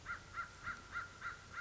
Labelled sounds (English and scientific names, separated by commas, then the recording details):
American Crow (Corvus brachyrhynchos)
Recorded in Sonoma County, California